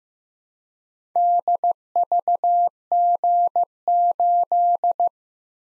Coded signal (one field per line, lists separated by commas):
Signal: Morse code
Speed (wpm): 15 wpm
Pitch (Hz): 700 Hz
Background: none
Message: DVG8